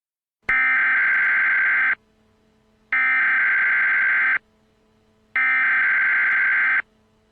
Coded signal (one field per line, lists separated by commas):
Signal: Emergency Alert System (SAME) tones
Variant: header bursts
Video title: [EAS Mock] The Z Virus - Atlanta: The Beginning